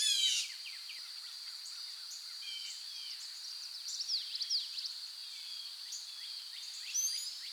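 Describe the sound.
Birds singing, many quick chirps and sweeping whistled notes overlapping from several birds, over a constant high insect-like drone throughout.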